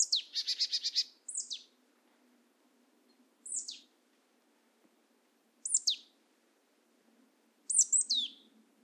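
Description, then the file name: Marsh tit calling: a rapid buzzy chatter at the start, then single sharp high descending call notes every two seconds or so. "Poecile palustris"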